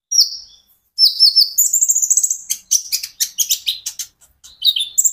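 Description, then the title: Van Hasselt's sunbird song opening with thin, high whistled notes, then a quick stream of sharp chirps and squeaky trills. A konin ijoan singing constantly (gacor); recording meant as a lure and therapy aid to make untrained konin answer. "KOLIBRI NINJA KONIN IJOAN GACOR COCOK UNTUK PANCINGAN TERAPI KONIN BAHAN PASTI NYAUT"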